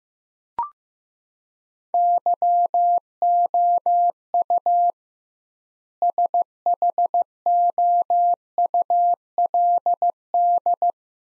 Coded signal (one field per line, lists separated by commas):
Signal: Morse code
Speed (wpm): 15 wpm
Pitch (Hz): 700 Hz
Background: none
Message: YOU SHOULD